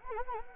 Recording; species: mosquito wingbeat signal from an infrared sensor; Anopheles arabiensis